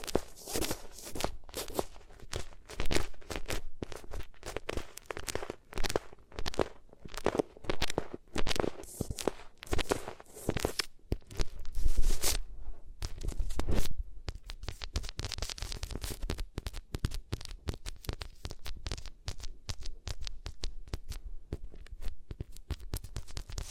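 Rubbing on different materials makes a dense run of crackly, scratchy strokes, each rising and falling in quick succession. For the first fourteen seconds the rubbing is heavier and fuller; after that it turns lighter and thinner, with brighter, finer scratching and brief quiet gaps.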